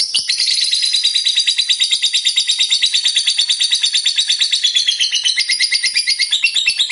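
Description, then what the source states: Lovebird chattering song, a dense rapid trill of high, slightly buzzy notes pouring out evenly for the whole stretch. Lovebird described as a 'fighter' type and 'gacor', meaning singing actively.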